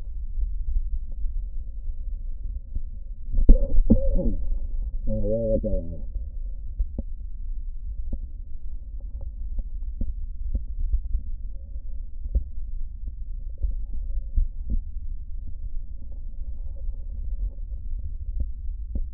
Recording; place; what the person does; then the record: lung sounds by stethoscope; left posterior basal chest; quiet breathing, then cough and speech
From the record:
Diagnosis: COPD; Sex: male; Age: 60 years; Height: 171 cm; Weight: 59.4 kg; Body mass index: 20.3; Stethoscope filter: diaphragm mode